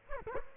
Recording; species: mosquito wingbeat signal from an infrared sensor; Culex quinquefasciatus